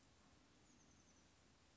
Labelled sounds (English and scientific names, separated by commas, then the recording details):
Oak Titmouse (Baeolophus inornatus)
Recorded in Sonoma County, California